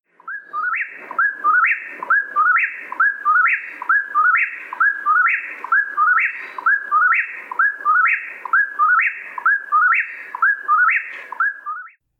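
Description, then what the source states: Eastern Whip-poor-will song: loud, repeated whistled three-part phrases, about a dozen in rapid even succession. Song of the male, sung to defend territory and attract a mate on warm summer nights; a low-pitched, very fast cluck at the song's start or end is hard to hear unless close.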